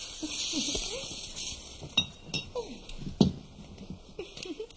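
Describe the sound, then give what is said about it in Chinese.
A few sharp clinks and clicks of dishes and glass as cans are opened and a plastic sheet is laid out for dinner, scattered over several seconds, with soft murmured voices and a steady hiss underneath. “你来铺塑料纸，我来开罐子。”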